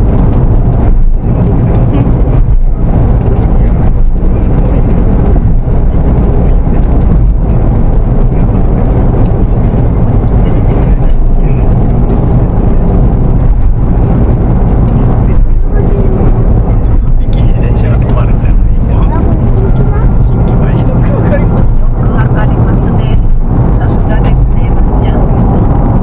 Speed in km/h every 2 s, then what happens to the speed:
84, 84, 85, 85, 81, 81, 81, 80, 80, 81, 82, 83, 84.
0-26 steady at about 82.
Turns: none.